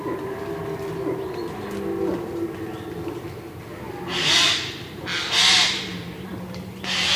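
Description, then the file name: Eurasian jay calling with harsh, noisy screeches, two full ones and a third cut off at the end, over a steady low hum. "Garrulus glandarius"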